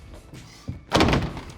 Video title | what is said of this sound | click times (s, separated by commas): How to Install a Delta® Classic 500 Tub Wall Set (60x32) | you notice I'm still kicked out of the bottom a little bit the two panels will snap together with just a little push | 1.0 s